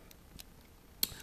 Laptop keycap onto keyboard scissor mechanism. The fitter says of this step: pas vous inquiéter ça veut dire que la pièce vient de se clipser